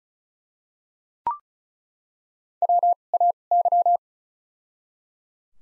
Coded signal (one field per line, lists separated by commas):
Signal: Morse code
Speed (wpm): 36 wpm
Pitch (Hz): 700 Hz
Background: none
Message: W A Y